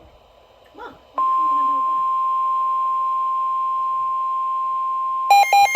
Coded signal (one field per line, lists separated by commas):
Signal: Emergency Alert System (SAME) tones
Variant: 1050 Hz attention tone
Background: speech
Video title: Extreme Calamity 1! EAS Alerts from 3//16/25 (EAS 34-46)